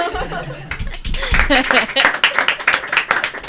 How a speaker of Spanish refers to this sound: Y yo también me aplaudo, ¿eh?